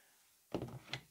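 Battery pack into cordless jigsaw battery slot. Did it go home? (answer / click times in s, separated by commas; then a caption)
partly / 0.5 s, 0.9 s. The first 40V (2x20V) lithium battery pack is slid into its plastic slot under a Parkside Performance 40V jigsaw (PPSSA 40-Li A1). After half a second of near silence, it goes in with a sharp click at 0.5 s, a short scraping slide, and a second click at 0.9 s. The pack locks but does not sit fully home, and the red release button does not come fully out.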